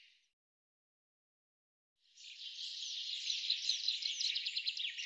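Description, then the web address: Bird giving a faint brief note, then after a pause a long, steady run of high rapid twittering chirps that grows slightly louder toward the end. "cianscape birddata Deverinetal 2025 Bird Fr Co"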